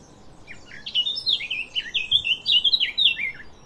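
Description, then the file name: Eurasian blackcap song, a continuous fast warble of bright, slurred notes rising and falling for about three seconds. "Sylvia atricapilla"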